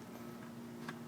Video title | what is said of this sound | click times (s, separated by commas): Installing fog light GTI MK6 2012 | I heard it click. I don't know if I pick it up in the video. It's a very, very small little click. | 0.9 s